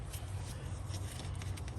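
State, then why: Not seated. The parking brake actuator motor connector on a 2016 or newer Honda Civic is checked for debris and lined up with the caliper actuator socket before it is plugged in. Only faint handling sounds are heard over a steady low rumble, with a few small ticks near the end. Nothing has seated or clicked yet.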